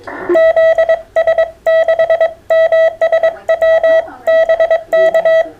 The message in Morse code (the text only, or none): ZS6MSW BK